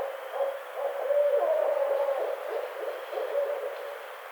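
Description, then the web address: Barred owl hooting in a low, wavering series of throaty notes that swell and fade across several seconds, with steady background hiss. Recorded 23 April 2009. "Barred Owl 2009 04 23 Barred Owl"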